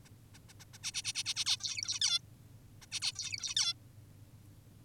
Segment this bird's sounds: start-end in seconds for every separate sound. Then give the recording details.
0.05-0.09, 0.34-0.38, 0.49-0.54, 0.60-0.65, 0.74-0.78, 0.83-0.92, 0.94-1.02, 1.04-1.13, 1.15-1.24, 1.26-1.34, 1.36-1.45, 1.46-1.57, 1.60-1.99, 2.02-2.19, 2.82-2.86, 2.92-3.00, 3.02-3.12, 3.16-3.54, 3.56-3.74. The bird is an adult. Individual g19o10U